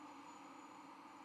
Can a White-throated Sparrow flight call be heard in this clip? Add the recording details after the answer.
no. No flight call is heard. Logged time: 04:55 on 13 November 2014